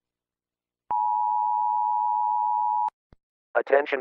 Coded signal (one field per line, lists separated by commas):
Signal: Emergency Alert System (SAME) tones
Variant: 853 and 960 Hz attention tone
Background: speech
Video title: EAS Scenario - Shockwave (Strange Matter Apocalypse)